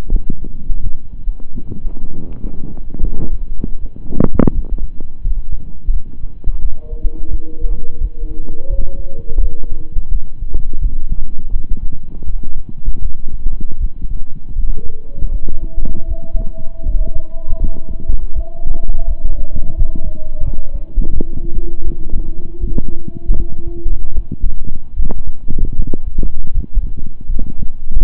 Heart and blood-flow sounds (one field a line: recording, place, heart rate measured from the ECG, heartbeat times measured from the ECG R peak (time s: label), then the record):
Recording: heart sounds by stethoscope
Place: between the tricuspid and mitral areas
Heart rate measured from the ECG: 82 bpm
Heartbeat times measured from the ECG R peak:
0.08 s: heartbeat
0.80 s: heartbeat
1.52 s: heartbeat
2.26 s: heartbeat
3.01 s: heartbeat
3.78 s: heartbeat
4.52 s: heartbeat
5.21 s: heartbeat
5.90 s: heartbeat
6.59 s: heartbeat
7.28 s: heartbeat
7.98 s: heartbeat
8.67 s: heartbeat
9.38 s: heartbeat
10.09 s: heartbeat
10.79 s: heartbeat
11.49 s: heartbeat
12.24 s: heartbeat
12.99 s: heartbeat
13.77 s: heartbeat
14.53 s: heartbeat
15.29 s: heartbeat
16.05 s: heartbeat
16.83 s: heartbeat
17.57 s: heartbeat
18.33 s: heartbeat
19.05 s: heartbeat
19.75 s: heartbeat
20.42 s: heartbeat
21.10 s: heartbeat
21.82 s: heartbeat
22.58 s: heartbeat
23.34 s: heartbeat
24.12 s: heartbeat
24.94 s: heartbeat
25.74 s: heartbeat
26.51 s: heartbeat
27.26 s: heartbeat
27.98 s: heartbeat
From the record:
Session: slow and fast walking with breaks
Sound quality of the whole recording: saturated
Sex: male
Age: 25 years